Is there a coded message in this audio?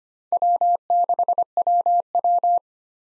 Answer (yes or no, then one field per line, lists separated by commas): yes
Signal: Morse code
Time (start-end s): 0.3-2.6 s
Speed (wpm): 25 wpm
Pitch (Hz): 700 Hz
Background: none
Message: W6WW